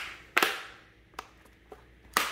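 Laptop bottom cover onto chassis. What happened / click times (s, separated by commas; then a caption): The plastic cover clips snapped into place / 0.4 s, 2.2 s. The plastic and metal bottom cover of an HP 840 G6 laptop, laid over the chassis after a memory install, is pressed down so its clips snap into place. Sharp clicks ring out at 0.4 s and 2.2 s, with fainter ticks around 1.2 s and 1.7 s in between. The cover ends up seated and secured on the laptop.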